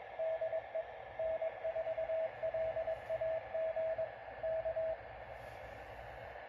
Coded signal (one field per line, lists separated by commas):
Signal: Morse code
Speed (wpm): 20 wpm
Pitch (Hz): 620 Hz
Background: radio noise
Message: DE N4LAG K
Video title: SOTA Chase: N4LAG